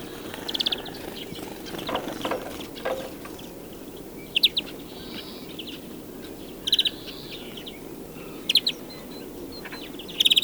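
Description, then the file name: European greenfinch calls: short trilled chatters spaced a few seconds apart, with faint lower sounds early on and a constant background hiss. "Chloris chloris"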